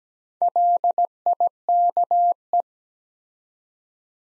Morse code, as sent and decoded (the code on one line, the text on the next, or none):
.-.. .. -.- .
LIKE